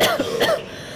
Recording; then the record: coughing mixed with background sound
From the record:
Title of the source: Coughing Woman Sound - Woman Cough Sound Effect